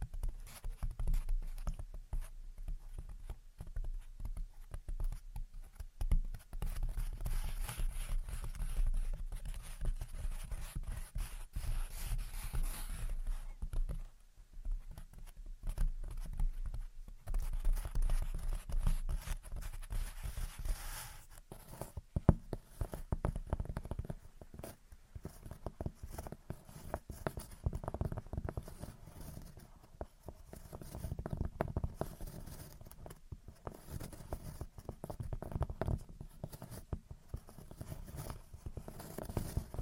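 Gentle tapping and scratching runs through the clip as dense, uneven clicks over a low rumble, easing briefly near fourteen and twenty-two seconds.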